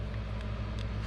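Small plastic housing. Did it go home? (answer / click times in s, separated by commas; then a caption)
no / none. The back half of the plastic housing of a 2013 Honda Civic 4-button key fob remote is pressed onto the front half after a battery change, over a steady low hum. Only faint plastic ticks are heard, and the housing has not snapped together yet.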